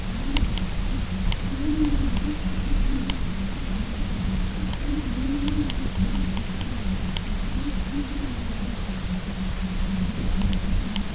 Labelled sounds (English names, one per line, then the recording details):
none
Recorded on Arctic tundra, site UTQI-0, on 22 June 2018
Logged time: 18:00